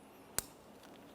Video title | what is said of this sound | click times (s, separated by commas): How to Replace Front Brake Calipers 2012-2015 Honda Civic | Listen for a click, make sure they're secure. | 0.4 s